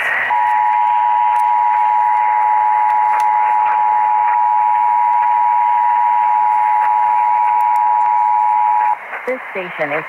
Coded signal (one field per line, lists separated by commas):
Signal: Emergency Alert System (SAME) tones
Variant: 853 and 960 Hz attention tone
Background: speech